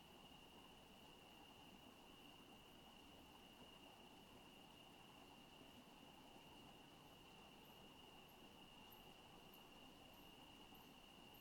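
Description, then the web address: Crickets trill steadily at a single high pitch throughout, with faint repeated ticks near the end and a constant low background hum. Residential town at night. "Sonik Sound Library - Spatial Towns Ambience, Residential, Night, Crickets, Night Bird"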